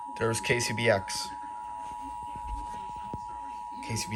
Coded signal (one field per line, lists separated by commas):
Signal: Emergency Alert System (SAME) tones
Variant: 853 and 960 Hz attention tone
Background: speech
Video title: To Start off December… (San Luis Obispo County Monthly EAS Test) (12/1/22) (EAS #562-580)